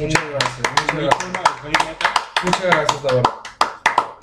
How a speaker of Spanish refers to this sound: Pido un aplauso porque estamos con un fundador.